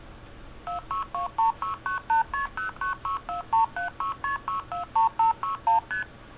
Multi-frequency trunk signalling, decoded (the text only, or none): 46269KP096476KP64 6ST